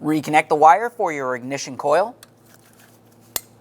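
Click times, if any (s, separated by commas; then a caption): 3.4 s. Someone talks, then the wiring connector is pushed back onto the ignition coil on the engine of a 2003-2011 Mercury Grand Marquis, with a couple of faint ticks at about 2.5 and 2.7 seconds. A sharp, bright click at 3.4 seconds marks the ignition coil connector seating and locking in place.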